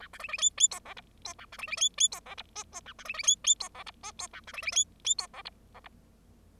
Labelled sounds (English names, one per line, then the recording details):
Bengalese Finch song
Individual Bird0